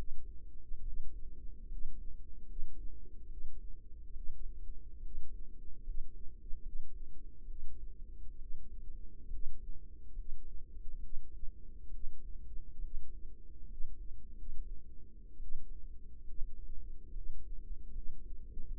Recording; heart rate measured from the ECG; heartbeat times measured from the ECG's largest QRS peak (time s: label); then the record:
heart sounds by microphone in the right ear; 70 bpm
0.79 s: heartbeat
1.64 s: heartbeat
2.42 s: heartbeat
3.24 s: heartbeat
4.09 s: heartbeat
4.98 s: heartbeat
5.80 s: heartbeat
6.59 s: heartbeat
7.43 s: heartbeat
8.34 s: heartbeat
9.26 s: heartbeat
10.11 s: heartbeat
10.96 s: heartbeat
11.87 s: heartbeat
12.77 s: heartbeat
13.63 s: heartbeat
14.31 s: heartbeat
15.35 s: heartbeat
16.21 s: heartbeat
17.09 s: heartbeat
17.88 s: heartbeat
18.73 s: heartbeat
From the record:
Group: healthy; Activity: rest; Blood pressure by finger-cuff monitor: 128/75 mmHg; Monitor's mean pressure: 89 mmHg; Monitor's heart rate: 69 bpm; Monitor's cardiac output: 6.2 L/min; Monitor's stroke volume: 89 mL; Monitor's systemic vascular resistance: 1040 dyn s/cm5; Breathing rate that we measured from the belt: 15 breaths a minute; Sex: female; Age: 22 years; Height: 171 cm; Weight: 65.6 kg